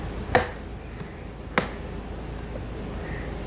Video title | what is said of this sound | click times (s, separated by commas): How to replace front door speaker in Kia Sportage | Reinstall the two Phillips head screws inside the grab handle, then snap the grab handle trim back into place. | 0.3 s, 1.6 s